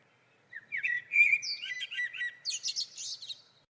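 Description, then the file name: Common blackbird singing one phrase: low fluty warbled notes that break into a high, squeaky twittering flourish at the end. "Turdus merula"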